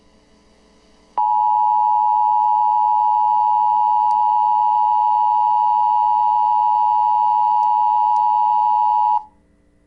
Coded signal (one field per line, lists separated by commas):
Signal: Emergency Alert System (SAME) tones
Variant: 853 and 960 Hz attention tone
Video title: ktla 5 emergency alert system flash flood warning test